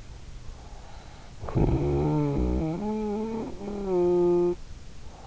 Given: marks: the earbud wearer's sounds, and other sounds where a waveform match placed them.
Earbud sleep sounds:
sounds in sleep by an in-ear microphone; snoring breath
0.94-5.06 s: snoring breath

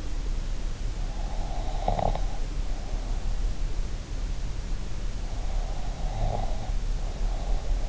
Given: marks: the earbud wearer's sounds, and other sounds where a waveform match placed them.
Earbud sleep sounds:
sounds in sleep by an in-ear microphone; snoring breath, breath
1.82-2.52 s: snoring breath
5.47-7.89 s: breath

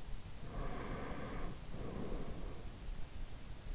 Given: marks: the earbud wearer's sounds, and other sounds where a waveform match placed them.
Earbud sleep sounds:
sounds in sleep by an in-ear microphone; breath
0.53-3.02 s: breath

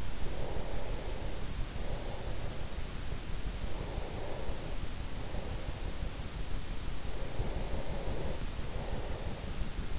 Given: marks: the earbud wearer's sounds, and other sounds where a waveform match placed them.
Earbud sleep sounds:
sounds in sleep by an in-ear microphone; breath
0.00-3.37 s: breath
3.60-6.46 s: breath
7.03-9.99 s: breath

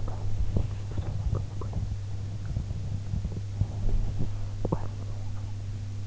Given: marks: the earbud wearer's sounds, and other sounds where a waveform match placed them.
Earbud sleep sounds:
sounds in sleep by an in-ear microphone; body movement
0.00-5.17 s: body movement

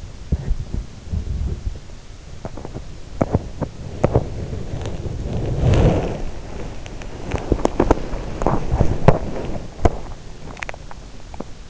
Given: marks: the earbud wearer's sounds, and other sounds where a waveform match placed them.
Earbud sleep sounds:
sounds in sleep by an in-ear microphone; body movement
0.00-11.70 s: body movement

